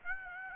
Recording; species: mosquito wingbeat signal from an infrared sensor; Aedes aegypti